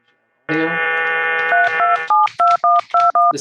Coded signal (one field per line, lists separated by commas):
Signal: DTMF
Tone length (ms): 190 ms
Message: 3272121